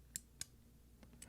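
The button lock on a folding knife with G10 handle scales and a ceramic bearing pivot is pressed to release the blade, giving two sharp, bright clicks at 0.2 s and 0.4 s, then fainter ticks near 1.0 s and 1.2 s. The button moves with little resistance and only sounds like it is sticking; it is not actually sticking, and the blade is released.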